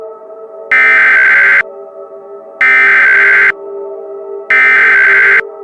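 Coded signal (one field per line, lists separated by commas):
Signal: Emergency Alert System (SAME) tones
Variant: header bursts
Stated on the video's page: Mock EAS tornado scenario recreating a 2017 tornado.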